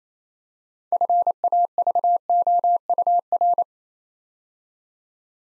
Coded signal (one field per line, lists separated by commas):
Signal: Morse code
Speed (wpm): 27 wpm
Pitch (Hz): 700 Hz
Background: none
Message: FAVOUR